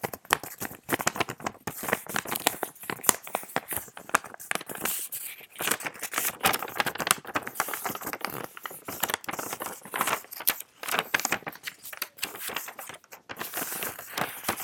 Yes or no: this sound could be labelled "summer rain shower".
no